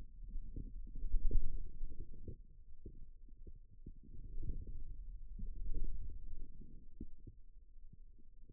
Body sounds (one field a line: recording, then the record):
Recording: forearm muscle sounds (acoustic myography)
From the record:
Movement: wrist flexion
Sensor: system 2, bracelet of six BSWA MPA416 microphones around the upper forearm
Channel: 1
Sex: male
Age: 22 years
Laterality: right